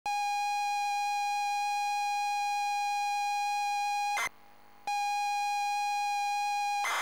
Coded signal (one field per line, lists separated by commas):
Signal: ZX Spectrum tape loading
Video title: Way Of The Exploding Fist: Zx Spectrum (Loading & Gameplay)